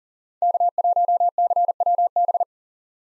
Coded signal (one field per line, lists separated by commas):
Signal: Morse code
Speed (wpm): 40 wpm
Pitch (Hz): 700 Hz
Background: none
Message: K1CWB